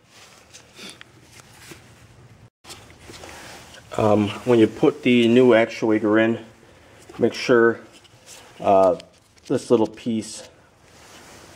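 A plastic rod clip on the door lock actuator linkage of a 2003 Honda Accord driver door is pulled back off the just-fitted actuator, giving a sharp pop at 1.0 s. The clip pops off and is released from the linkage, and afterward someone talks.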